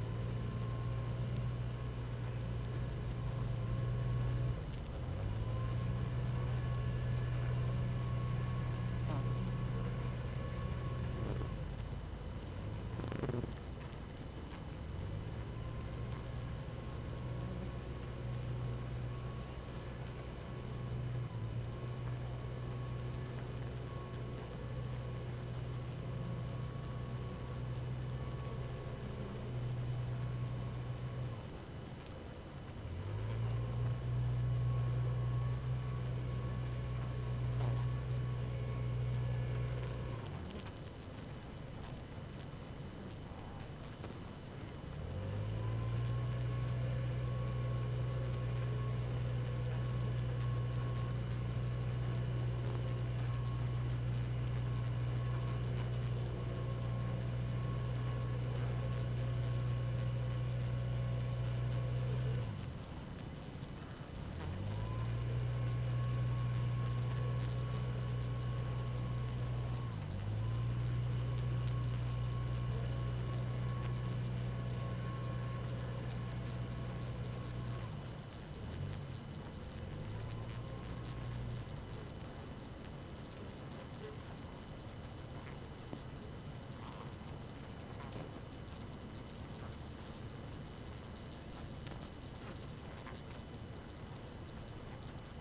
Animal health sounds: honeybee colony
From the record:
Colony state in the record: active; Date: 12 June 2018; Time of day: 4:22

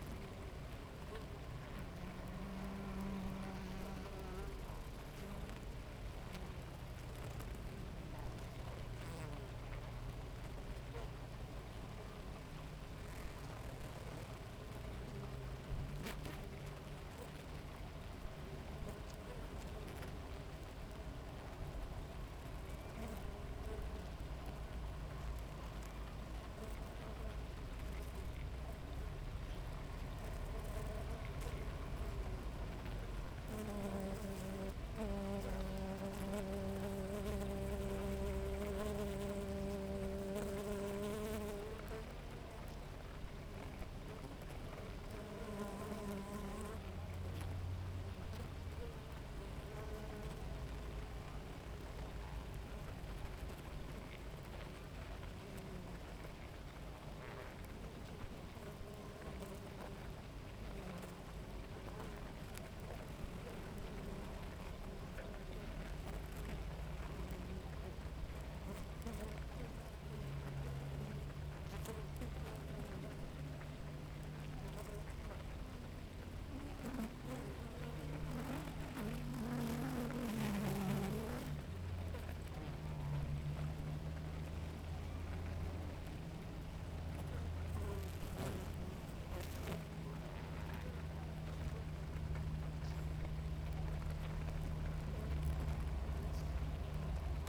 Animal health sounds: honeybee colony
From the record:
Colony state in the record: active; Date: 28 July 2017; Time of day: 7:07

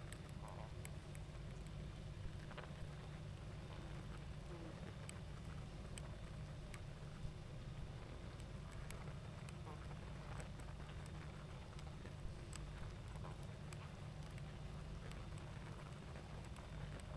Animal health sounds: honeybee colony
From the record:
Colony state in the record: active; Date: 28 July 2017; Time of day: 20:56

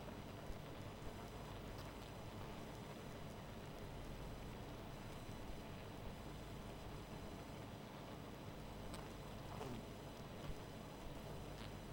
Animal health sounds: honeybee colony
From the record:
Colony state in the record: missing queen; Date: 14 July 2017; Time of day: 0:34

